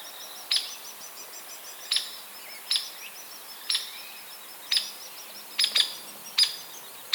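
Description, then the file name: Hairy woodpecker giving spaced, sharp peek calls at irregular intervals, with faint high twittering in the background. "Picoides villosus - Hairy Woodpecker"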